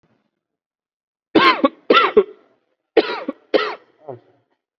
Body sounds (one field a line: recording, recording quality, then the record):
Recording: heavy voluntary cough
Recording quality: excellent, no background noise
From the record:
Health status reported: COVID-19 positive, moderate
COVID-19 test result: positive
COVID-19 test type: RT-PCR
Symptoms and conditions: cough, cold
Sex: male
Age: 25 years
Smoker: no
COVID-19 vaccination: one dose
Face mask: worn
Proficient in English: yes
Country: India